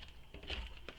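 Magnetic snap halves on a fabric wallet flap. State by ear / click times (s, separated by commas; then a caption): seated / 0.9 s. The two halves of a magnetic snap on the flap of a sewn fabric wallet are brought together, with a few soft handling taps and rustles before they meet. The snap shuts with a sharp click at 0.9 s, and the wallet is closed.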